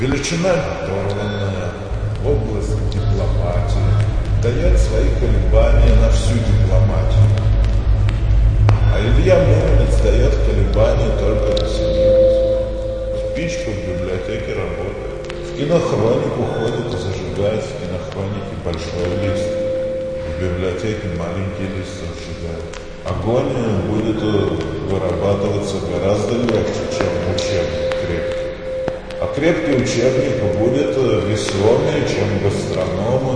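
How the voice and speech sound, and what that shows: Adult male patient with schizophrenia and a disturbance of consciousness speaking Russian in fluent, continuous speech. Schizophasia (word salad): the sentences are grammatically correct, but their content is completely meaningless.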